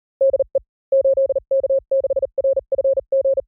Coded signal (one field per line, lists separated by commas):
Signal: Morse code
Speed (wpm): 38 wpm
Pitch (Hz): 540 Hz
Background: none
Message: DE 8K6RFG